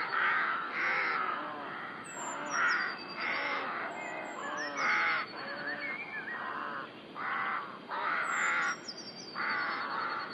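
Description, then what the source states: Rook chorus of rough, hoarse caws overlapping almost continuously, several birds calling at once, with faint high squeaky notes from smaller birds. Rookery in the UK.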